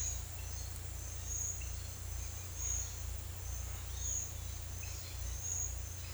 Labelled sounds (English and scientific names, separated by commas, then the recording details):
none
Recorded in secondary vegetation near Puerto Asís, Putumayo, Colombia, on 18 December 2024 at 10:00
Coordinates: 0.488, -76.319
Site GP04